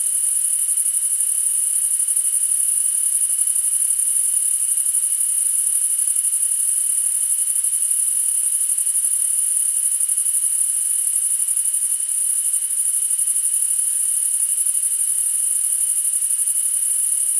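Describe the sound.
Crickets trilling nonstop: an intense high-pitched pulsing hum that stays level the whole time, over a faint steady whistle-like tone.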